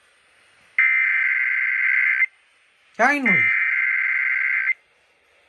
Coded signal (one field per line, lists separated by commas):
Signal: Emergency Alert System (SAME) tones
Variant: header bursts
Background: speech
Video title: Required Monthly Test - Island County DEM (3-8-2022)/San Juan EOC(3-10-2022)